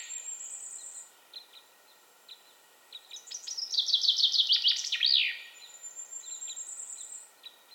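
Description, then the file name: Common chaffinch song, a trill of repeated notes ending in a sharp flourish, with high thin trills before and after. "Fringilla coelebs"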